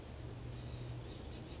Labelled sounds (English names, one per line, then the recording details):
Western Flycatcher
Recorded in Sonoma County, California